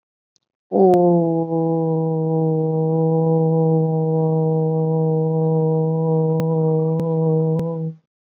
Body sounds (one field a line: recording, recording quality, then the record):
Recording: sustained vowel as in boot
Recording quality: excellent, no background noise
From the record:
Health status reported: COVID-19 positive, moderate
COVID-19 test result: positive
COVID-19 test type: RT-PCR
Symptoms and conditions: cough, cold, sore throat, fever, fatigue, muscle pain, another condition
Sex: female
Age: 28 years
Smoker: no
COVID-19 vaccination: both doses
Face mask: worn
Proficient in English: yes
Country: India